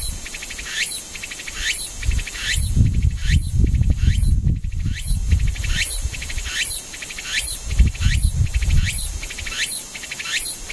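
A cicada calls in a steady, regular rhythm: short, shrill, rising buzzes repeat a little faster than once per second over a constant high hiss. A low rumble swells underneath from about two to six seconds and again around eight seconds.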